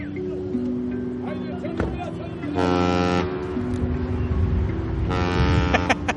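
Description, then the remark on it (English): A truck driver honks his truck horn twice in greeting, two long, loud, brassy blasts a couple of seconds apart, over a steady low engine rumble and some indistinct background voices. “I think that's him saying hello.”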